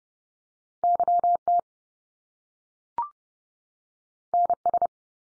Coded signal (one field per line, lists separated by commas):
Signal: Morse code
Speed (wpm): 30 wpm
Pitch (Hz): 700 Hz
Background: none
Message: YT NS